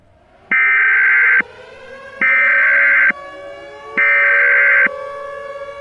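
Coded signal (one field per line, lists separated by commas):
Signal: Emergency Alert System (SAME) tones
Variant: header bursts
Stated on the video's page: Mock EAS scenario, fictional alert containing valid SAME tones.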